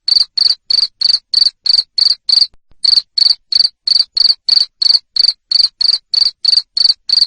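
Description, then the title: Cricket sounding loud high-pitched chirps in quick regular succession, pausing once briefly. Loud cricket chirping used to stimulate lovebirds to sing continuously. "Suara JANGKRIK NGERIK Keras Bikin LOVEBIRD Jadi NGEKEK Terus Vubey"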